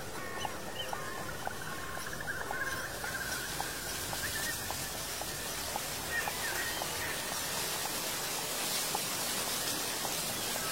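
Horse hooves tap out a steady, regular beat along the old road, under a constant dense rustle of dry fallen leaves. Thin high bird calls thread through the first few seconds, and the rustling grows slightly fuller toward the end.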